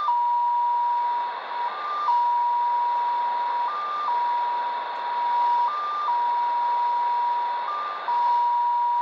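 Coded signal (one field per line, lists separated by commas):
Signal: numbers station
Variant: XPA2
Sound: steady whistle tone with a brief higher step about every two seconds, over hiss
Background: radio static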